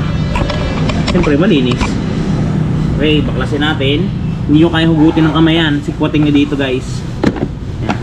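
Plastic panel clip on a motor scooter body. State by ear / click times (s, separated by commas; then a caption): released / 7.9 s. On a 2024 Honda Click 125 Special Edition motor scooter, someone talks while prying a plastic body panel with a tool, because it can't be pulled off by hand. At 7.9 s the plastic panel clip snaps loose with a sharp crack, releasing the panel so it can be pulled off.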